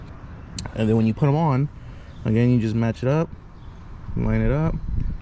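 A plastic retaining clip for the windshield weatherstrip on a 2IS (ISF) is being lined up on its windshield frame stud, while someone talks over a quiet outdoor background with a brief sharp tick near 0.6 s. Nothing has seated or clicked yet.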